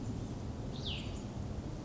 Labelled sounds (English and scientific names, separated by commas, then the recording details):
Cassin's Vireo (Vireo cassinii)
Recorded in Sonoma County, California